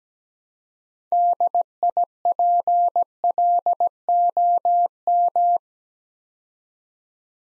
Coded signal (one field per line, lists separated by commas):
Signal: Morse code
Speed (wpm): 17 wpm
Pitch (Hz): 700 Hz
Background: none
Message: DIPLOM